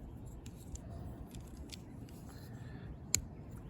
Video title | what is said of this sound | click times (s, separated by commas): Transformers Tuesday! Scavenger! Galaxy Version Wave 3 Blokees [4th of 9] | Hear it? Click. | 3.1 s